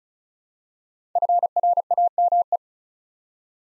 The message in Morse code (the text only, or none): FRAME